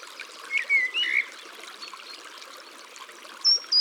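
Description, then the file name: Common blackbird singing: a few short fluty whistled notes, then after a pause two thin high squeaky notes, over a steady background of trickling water. In the countryside. "Merle noir Chants doiseaux dans la campagne"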